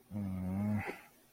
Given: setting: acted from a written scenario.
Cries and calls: vocal sound without words; disappointment

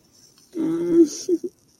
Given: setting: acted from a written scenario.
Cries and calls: vocal sound without words; sadness

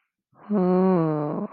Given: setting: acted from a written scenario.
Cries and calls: vocal sound without words; realization

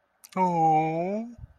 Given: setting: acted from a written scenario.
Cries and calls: vocal sound without words; adoration

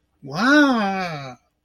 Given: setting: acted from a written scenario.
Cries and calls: vocal sound without words; awe

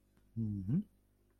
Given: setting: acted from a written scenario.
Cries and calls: vocal sound without words; romantic love

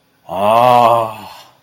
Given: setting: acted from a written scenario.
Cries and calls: vocal sound without words; awe

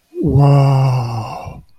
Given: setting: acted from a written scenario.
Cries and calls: vocal sound without words; romantic love

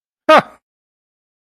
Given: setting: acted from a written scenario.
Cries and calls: vocal sound without words; amusement

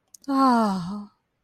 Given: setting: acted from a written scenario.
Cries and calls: vocal sound without words; ecstasy

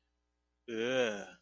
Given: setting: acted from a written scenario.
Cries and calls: vocal sound without words; contempt

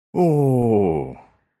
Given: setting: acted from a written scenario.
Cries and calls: vocal sound without words; elation

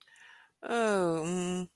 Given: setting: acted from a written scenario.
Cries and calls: vocal sound without words; sympathy

